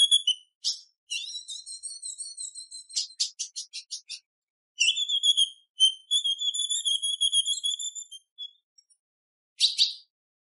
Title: PIADO DE AZULÃ O FÊ MEA Esquenta Qualquer Azulão!. Fêmea Azulão pedindo gala macheando. Esquente , levante seu Azulão